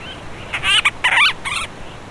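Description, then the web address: Monteiro's storm petrel chattering call: a few harsh, buzzy, rapid bursts of squeaky notes in quick succession. Vocalizations. "fauna aves aves-marinhas painho-monteiro Vocalizacoes"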